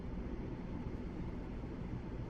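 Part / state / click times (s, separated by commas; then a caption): plastic model kit part about to be pressed into mating part / not seated / none. A plastic model kit part is held and lined up with its mating part before being pressed together. Only a steady low rumble is heard with no sharp hits. Nothing has seated or clicked yet.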